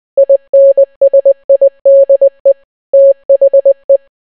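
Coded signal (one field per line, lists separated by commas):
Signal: Morse code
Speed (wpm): 20 wpm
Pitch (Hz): 550 Hz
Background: none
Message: INSIDE THE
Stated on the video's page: Entire Bee Movie script translated into Morse code.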